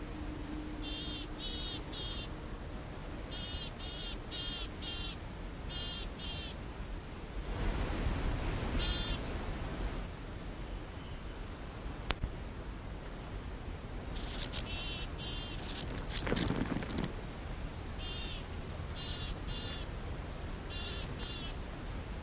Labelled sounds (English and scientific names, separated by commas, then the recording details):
Willow Tit (Poecile montanus) call
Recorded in the wild
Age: adult
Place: Rappelsdorf (b. Schleusingen), Thüringen, DE
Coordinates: 50.5, 10.7167
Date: 1987-08-22 17:27
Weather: sunny, ca. 33,7°C in the sun
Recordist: Tembrock, Günter